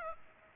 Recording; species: mosquito wingbeat signal from an infrared sensor; Aedes aegypti